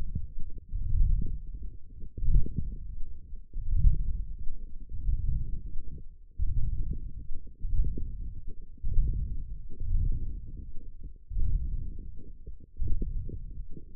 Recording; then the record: forearm muscle sounds (acoustic myography)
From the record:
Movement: ulnar deviation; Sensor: system 1, eight BSWA MPA416 microphones around the upper forearm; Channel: 3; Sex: male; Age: 42 years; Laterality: right